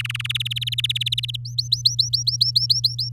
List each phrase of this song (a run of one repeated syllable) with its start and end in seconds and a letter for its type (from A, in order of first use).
0.00-0.27 A, 0.29-1.36 B, 1.45-3.09 C